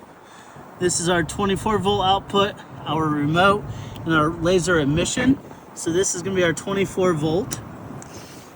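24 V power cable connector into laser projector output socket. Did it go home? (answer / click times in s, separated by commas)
yes / 8.0 s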